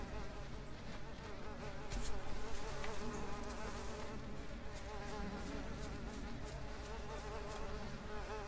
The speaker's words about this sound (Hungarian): Körülöttem. És most megint eltűnt. Ez iszonyatosan idegesítő. Iszonyatosan idegesítő. Azt kell, hogy mondjam, gyerekek, ezek a legyek körülöttem.